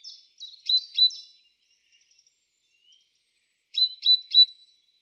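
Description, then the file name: Great tit giving two bursts of sharp, ringing high notes, separated by a couple of seconds of near silence. "Parus major"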